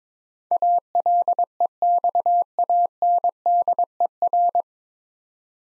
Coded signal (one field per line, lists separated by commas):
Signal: Morse code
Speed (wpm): 22 wpm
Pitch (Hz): 700 Hz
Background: none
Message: ALEXANDER